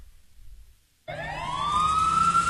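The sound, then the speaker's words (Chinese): After a second of low rumble and near silence, a police siren bursts in, its high tone sliding slowly upward and growing louder in a steady rising wail, with no voices present. It is early morning, with fine rain on an empty street, and the police lights flash red and blue as they head this way. “凌晨，林南心被呼啸的警笛声吵醒，细密的雨丝打湿了空无一人的大街，溅在红色木窗框上。”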